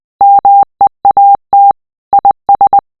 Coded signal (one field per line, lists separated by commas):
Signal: Morse code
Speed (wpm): 20 wpm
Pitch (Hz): 800 Hz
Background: none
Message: MEAT IS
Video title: Morse Code Message 002